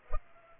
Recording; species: mosquito wingbeat signal from an infrared sensor; Culex pipiens